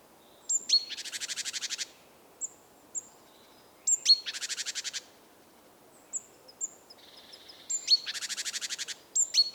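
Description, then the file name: Great tit calling: sharp, high notes lead into dry, buzzy rattles. Three main bursts, with softer scratchy notes between them. "Parus major"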